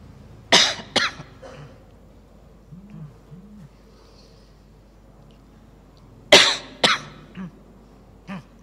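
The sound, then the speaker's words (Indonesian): A lecturer coughs during a talk: a sharp double cough, a quiet pause of several seconds, then another loud pair of coughs followed by a couple of softer, shorter ones. “Batuk.”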